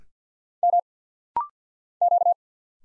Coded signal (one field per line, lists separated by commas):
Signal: Morse code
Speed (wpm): 50 wpm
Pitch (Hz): 700 Hz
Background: none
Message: M Q